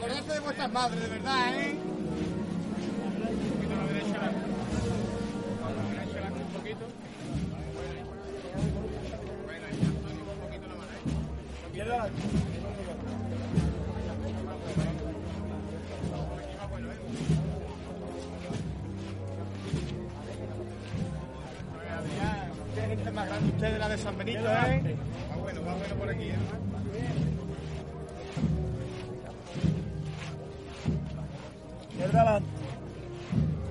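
Street sounds as the procession of María Santísima de Salud y Esperanza passes through the San Benito neighbourhood. A steady murmur of crowd voices fills the whole stretch, with men talking over it and short bursts of louder calls or claps every few seconds. A low rumble runs underneath throughout.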